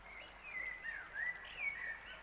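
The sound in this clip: Bird singing soft, sliding whistled notes that rise and fall in a flowing phrase against faint background noise.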